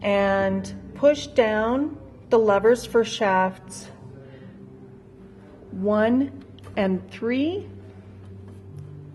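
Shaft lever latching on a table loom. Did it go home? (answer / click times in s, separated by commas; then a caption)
no / none. Someone talks while pushing down the levers for shafts 1 and 3 on a table loom to test the tensioned warp, with a steady low hum underneath. The clip ends before the levers lock into place, so nothing has clicked or seated yet.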